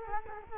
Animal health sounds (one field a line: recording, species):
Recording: mosquito wingbeat signal from an infrared sensor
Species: Culex quinquefasciatus